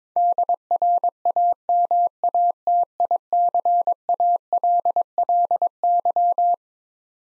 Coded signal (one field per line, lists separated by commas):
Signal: Morse code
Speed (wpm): 22 wpm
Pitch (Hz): 700 Hz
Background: none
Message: DRAMATICALLY